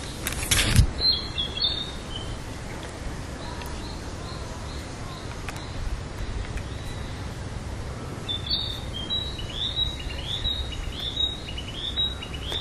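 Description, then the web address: Narcissus flycatcher singing high rising phrases in two bursts, a short run early on and a longer rapid series near the end, after a loud thump at the start. "udragon kibitaki"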